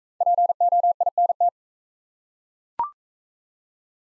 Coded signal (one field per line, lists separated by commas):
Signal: Morse code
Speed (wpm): 40 wpm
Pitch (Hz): 700 Hz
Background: none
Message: POINT